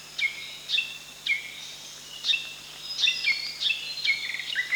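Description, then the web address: Spotted fantail giving sharp, high, chip-like notes at uneven intervals, growing busier toward the end, with faint hiss underneath. Danum, 1 July 2008. "DANUM 20080701. spotted fantail"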